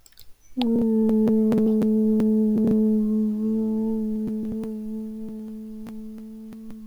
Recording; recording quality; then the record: sustained vowel as in boot; moderate, slight background noise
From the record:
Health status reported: healthy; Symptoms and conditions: none ticked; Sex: female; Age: 25 years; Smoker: not ticked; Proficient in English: yes